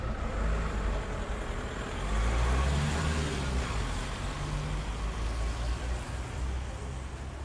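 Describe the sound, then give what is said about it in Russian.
A taxi's low engine rumble and steady tyre hiss on wet asphalt swell briefly, then hold and slowly ease off as the taxi drives away. “Машина уехала по мокрому асфальту.”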